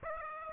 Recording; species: mosquito wingbeat signal from an infrared sensor; Aedes aegypti